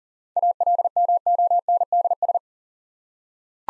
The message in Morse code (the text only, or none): ALMONDS